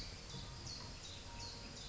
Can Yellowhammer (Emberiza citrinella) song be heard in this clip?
no